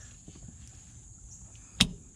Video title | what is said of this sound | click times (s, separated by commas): Gear Grabber shifter install on a Polaris Rzr XP Turbo | there you go you hear it click | 1.8 s